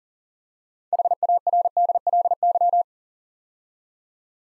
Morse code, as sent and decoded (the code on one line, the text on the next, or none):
.... .- .-. -.. .-.. -.--
HARDLY